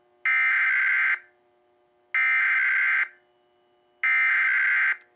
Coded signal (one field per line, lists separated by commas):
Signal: Emergency Alert System (SAME) tones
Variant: header bursts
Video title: DASDEC Relay EAS Shelter in Place Warning Cancelation Due to Dangerous Suspect Boulder, CO 02/07/23